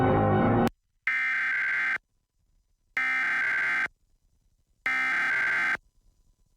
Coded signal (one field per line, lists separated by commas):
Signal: Emergency Alert System (SAME) tones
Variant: header bursts